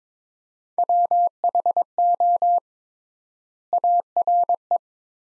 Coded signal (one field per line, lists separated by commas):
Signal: Morse code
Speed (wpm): 22 wpm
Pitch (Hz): 700 Hz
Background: none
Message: WHO ARE